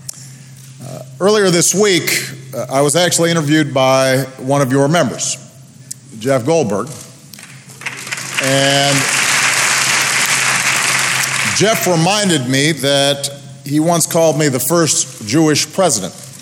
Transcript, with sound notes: Earlier this week, I was actually interviewed by one of your members, Jeff Goldberg. (Applause.) And Jeff reminded me that he once called me ''the first Jewish President.